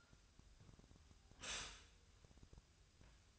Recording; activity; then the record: daily activity, microphone in the room; stop toaster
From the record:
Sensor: 2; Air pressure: 1001.7 hPa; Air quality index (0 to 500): 244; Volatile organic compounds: 36 ppm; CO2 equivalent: 3076 ppm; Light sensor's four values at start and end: 10/31/12/12 and 10/32/12/12